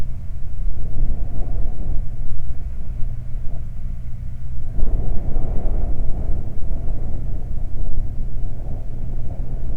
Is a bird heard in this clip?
no